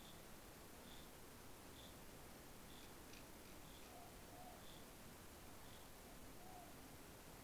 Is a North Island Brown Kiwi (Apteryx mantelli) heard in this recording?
no